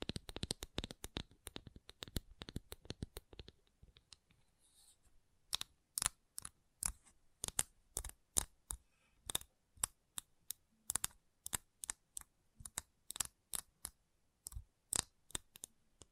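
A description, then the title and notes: Gentle tapping in quick, dense bursts at first, thinning after four seconds into separate crisp taps roughly twice a second. ASMR Gentle Tapping.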